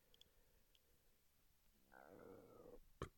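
After a quiet stretch, a gurgling, squeaky rumble with a falling pitch lasts about a second, followed by a sharp click. This is stomach rumbling (borborygmi) from an adult: gas and fluid moving through the gut, an ordinary digestive sound.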